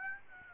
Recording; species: mosquito wingbeat signal from an infrared sensor; Aedes aegypti